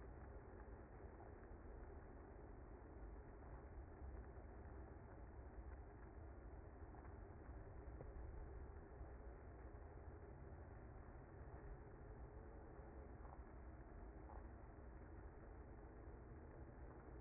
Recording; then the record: honeybee colony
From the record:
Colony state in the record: active